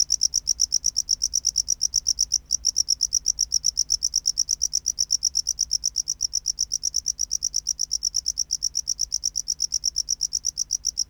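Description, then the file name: Tropical house cricket singing a loud, unbroken series of rapid high-pitched chirps, with a tiny gap early on. "Bio Acoustica. Gryllodes sigillatus"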